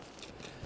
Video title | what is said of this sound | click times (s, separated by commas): Portable operations with Elecraft KX2 and MC-750/JNC-12 portable antenna | Feel it clicks in right there. | 0.2 s